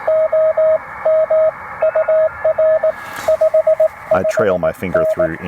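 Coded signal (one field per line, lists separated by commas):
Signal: Morse code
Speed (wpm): 18 wpm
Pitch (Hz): 630 Hz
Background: speech, radio noise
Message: OM UR 55N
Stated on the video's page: Two-watt POTA CW activation with a Penntek TR-45L and an Elecraft AX2 antenna.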